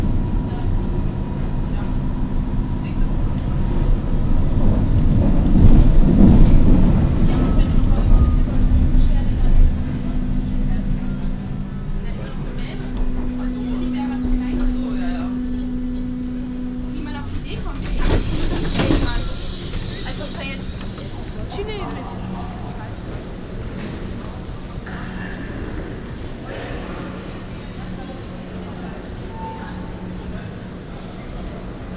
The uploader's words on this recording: U-Bahn Rathaus Neuköln - Alexanderplatz Berlin. The whole U-Bahn trip from Rathaus Neuköln to Alexanderplatz.